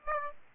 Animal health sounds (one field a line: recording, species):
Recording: mosquito wingbeat signal from an infrared sensor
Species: Aedes aegypti